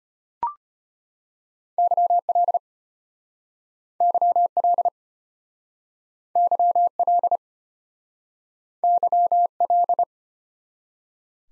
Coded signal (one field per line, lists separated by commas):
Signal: Morse code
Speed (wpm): 33 wpm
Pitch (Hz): 700 Hz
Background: none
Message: YL YL YL YL